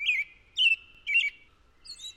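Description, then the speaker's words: American Robin singing three clear, slightly warbled whistled phrases in quick succession, then a pause and a softer fourth phrase. The Meskwaki name for the robin, chi-chi-kakwaha, imitates the song's pattern, which starts with chi-chi-chi. "It almost sounds, pattern-wise, like songs that the robin sings. It almost starts off with chi-chi-chi, like that."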